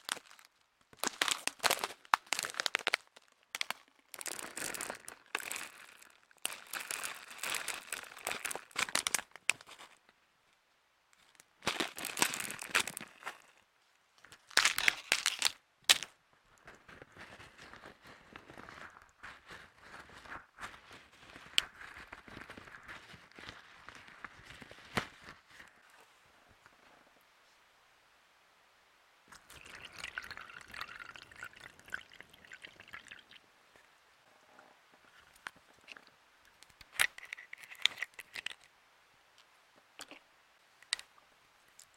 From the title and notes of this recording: Making Squoosh-os DIY Stress Balls (No Talking ASMR Quiet Play).